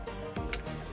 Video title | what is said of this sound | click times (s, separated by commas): รีวิว เปิดกล่อง Beeline Moto หน้าจอ GPSแนวใหม่ เล็ก เบา ติดตั้งง่าย ใช้ได้นาน 30 ชั่วโมง | หมุนแร็พน่ะล็อคเรียบร้อยครับ | 0.5 s